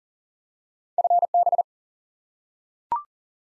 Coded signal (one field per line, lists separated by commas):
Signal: Morse code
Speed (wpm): 40 wpm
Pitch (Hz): 700 Hz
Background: none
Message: FB